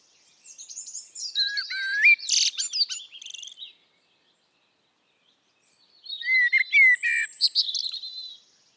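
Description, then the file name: Eurasian blackbird song in two phrases, each mixing low fluty whistles with high squeaky twitters, separated by about two seconds of quiet. "Turdus merula"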